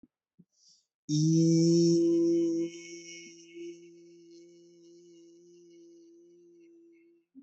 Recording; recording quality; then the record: sustained vowel as in beet; poor, much background noise or distortion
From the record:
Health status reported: healthy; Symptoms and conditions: none ticked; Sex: male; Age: 32 years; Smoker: not ticked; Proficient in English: yes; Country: India